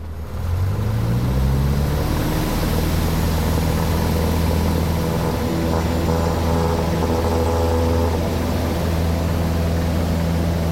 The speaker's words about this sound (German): Zum Glück waren nur Sportflugzeuge da. Ich sagte dem Piloten, er solle mit mir ein Looping schießen.